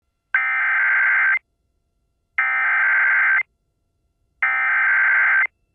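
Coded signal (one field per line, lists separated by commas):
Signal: Emergency Alert System (SAME) tones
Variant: header bursts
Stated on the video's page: Valid, genuine EAS tones from a tornado warning for Collier and Hendry Counties, Florida.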